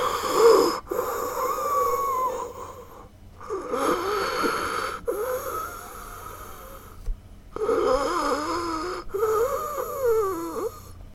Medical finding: Heavy Breath Wheezing.